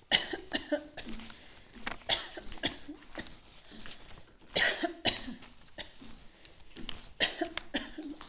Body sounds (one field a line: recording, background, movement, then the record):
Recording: voluntary coughing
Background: quiet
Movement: walking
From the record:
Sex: female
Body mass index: 25.5 kg/m2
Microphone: on the chest, facing the body